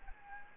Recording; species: mosquito wingbeat signal from an infrared sensor; Anopheles gambiae